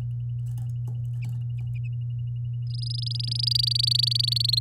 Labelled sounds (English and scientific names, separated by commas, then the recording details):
Domestic Canary (Serinus canaria) song
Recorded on 9 May 2018 at 07:37
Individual llb16